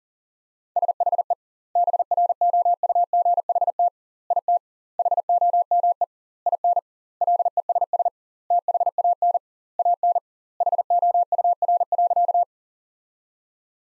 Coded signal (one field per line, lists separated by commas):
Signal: Morse code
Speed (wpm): 40 wpm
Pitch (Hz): 700 Hz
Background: none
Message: SHE BROUGHT IT HOME IN LESS THAN AN HOUR.